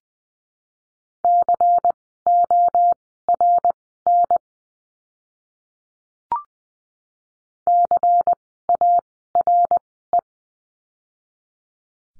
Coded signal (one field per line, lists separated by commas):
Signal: Morse code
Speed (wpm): 20 wpm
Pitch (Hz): 700 Hz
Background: none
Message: CORN CARE